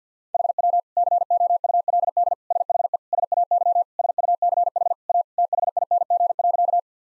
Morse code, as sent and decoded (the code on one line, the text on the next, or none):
.... .-- / -.-. --- ..- .-.. -.. / ... .... . / ... .- -.-- / ... ..- -.-. .... / .- / - .... .. -. --. .-.-.-
HW COULD SHE SAY SUCH A THING.